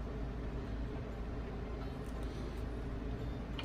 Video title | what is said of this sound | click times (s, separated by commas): Installation of Murray's Carbs Coil on Packs on a CX500 | that clicks into place | 3.6 s